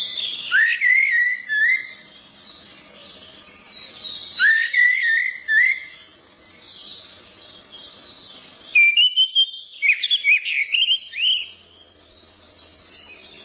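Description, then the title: Orange-headed thrush song: several loud descending whistled phrases and a quick rising burst of notes, set against constant thin, high warbling. Described as a champion songbird singing gacor teler, meaning nonstop, intense song. "Suara Burung Anis Merah Gacor Teler Doyorng Juara"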